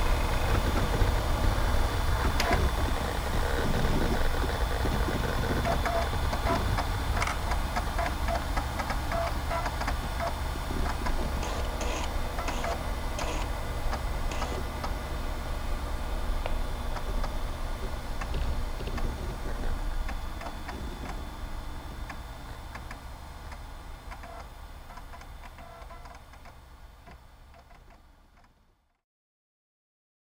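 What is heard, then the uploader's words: Vintage computer machinery hums steadily under rapid mechanical ticking and clicking, slowly fading from about twenty seconds until it stops near twenty-eight. VINTAGE COMPUTING • Take a Trip Back to the 90s. MyNoise Vintage Office.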